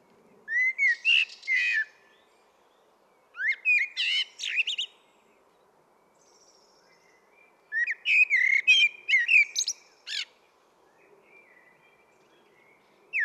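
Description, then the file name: Common blackbird delivering three warbled phrases, each starting with a rising flute-like whistle and breaking into busy high-pitched chatter, separated by pauses. "Turdus merula"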